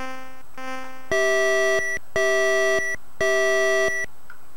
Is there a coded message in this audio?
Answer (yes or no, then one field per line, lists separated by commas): no